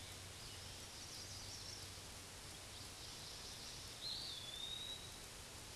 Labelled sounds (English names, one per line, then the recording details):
Eastern Wood-Pewee song
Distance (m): 20 m
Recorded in a Pennsylvania forest on 18 May 2023 at 13:49
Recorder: AudioMoth, point grid1_39_low
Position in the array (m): 198 m, 172 m